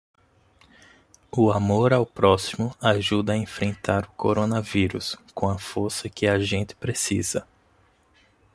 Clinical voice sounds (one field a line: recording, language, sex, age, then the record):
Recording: spoken sentence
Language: Brazilian Portuguese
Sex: male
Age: 30 to 39 years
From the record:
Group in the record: control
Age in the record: 36 years